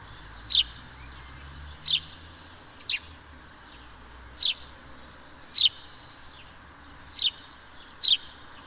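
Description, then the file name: House sparrow giving sharp chirps, seven in all, at a fairly steady pace of roughly one a second. "Passer domesticus"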